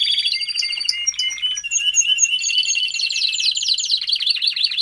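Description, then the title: Domestic canary song of rapid warbled trills, then a long series of quick repeated sweeping notes sung high and steadily. Male Belgian canary singing a lot, used for training and warming up young canaries. "Canary Training Esquente Seu Filhote E Canario Belga Em 30 Minutos Macho Cantando Muito"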